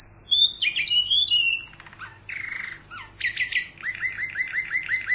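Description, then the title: Canary song, a rapid varied run of high whistles, buzzy rattles and trills, ending in a repeated series of short chirps. "Kenari"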